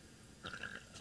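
A short throat burp from an adult.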